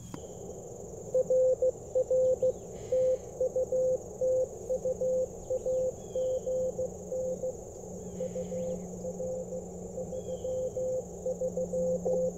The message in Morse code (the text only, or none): RR TU TU AGN UR 33